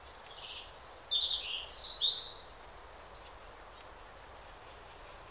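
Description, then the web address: Bird song: bright, chirpy high phrases tumbling over one another for about two seconds, then scattered thin notes, over steady soft outdoor hiss. Calm forest by day with birds singing. "spokoynyy les dnyom poyut ptitsy"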